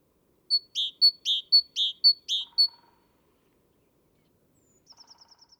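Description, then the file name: Great tit giving a brisk run of alternating clear and buzzy notes for about two seconds, followed after silence by a soft, quick high trill. "Parus major"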